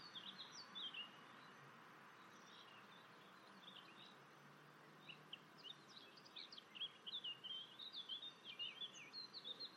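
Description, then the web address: Bird chirping, a few high notes at the start, a lull, then a busier run of quick twittering chirps toward the end, with background hiss. "birddata Deverinetal 2025 Bird Only"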